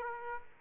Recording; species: mosquito wingbeat signal from an infrared sensor; Aedes aegypti